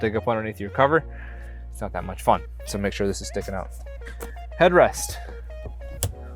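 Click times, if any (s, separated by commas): 6.0 s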